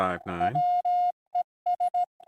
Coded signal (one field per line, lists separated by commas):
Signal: Morse code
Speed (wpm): 16 wpm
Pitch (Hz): 710 Hz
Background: speech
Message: WES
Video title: SKCC Sprint 4-12-2026